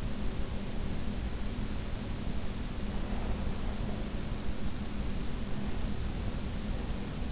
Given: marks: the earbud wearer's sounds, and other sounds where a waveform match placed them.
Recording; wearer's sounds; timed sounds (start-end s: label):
sounds in sleep by an in-ear microphone; breath
2.86-4.41 s: breath